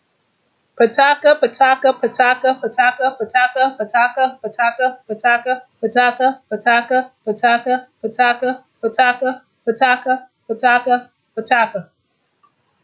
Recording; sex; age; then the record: repeated syllables /pa ta ka/; female; 50 to 59 years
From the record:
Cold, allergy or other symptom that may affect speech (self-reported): no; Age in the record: 53 years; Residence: North Carolina, United States